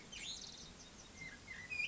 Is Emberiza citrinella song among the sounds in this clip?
no